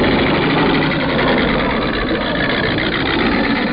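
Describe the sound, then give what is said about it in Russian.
A new rotor-screw engine of a vehicle built for grip on ice runs at a steady, loud roar, a dense low rumble with a hissing upper layer that holds constant throughout, with no voices. “Вот почему, собственно, мы обратились к применению нового роторно-винтового двигателя, который позволял нам обеспечивать хорошее сцепление со льдом, перейти на силовое резание”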